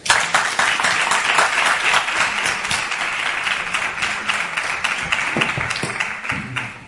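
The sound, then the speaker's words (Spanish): A crowd claps steadily and loudly for several seconds, a dense patter of many hands that holds a fairly even level throughout before tapering slightly near the end. “Vamos a aplaudirlo fuerte.”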